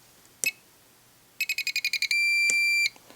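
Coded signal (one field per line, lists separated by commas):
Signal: beep code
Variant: Spektrum DX5e transmitter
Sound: a click, nine quick beeps rising in rate, then one long steady beep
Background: clicks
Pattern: 9 short, 1 long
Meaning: A long beep means the trim is at center (neutral)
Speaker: okay you heard a long beep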